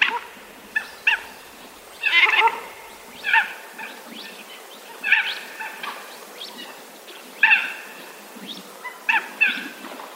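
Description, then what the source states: Mandarin duck giving short harmonic calls, singly or in pairs, roughly every one to two seconds, with some softer notes between. Recorded at Takagawa Dam, Kagoshima Prefecture, Japan.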